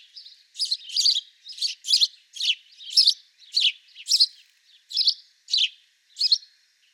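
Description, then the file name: House sparrow giving a series of about a dozen short, harsh chirps with brief pauses between. "Passer domesticus"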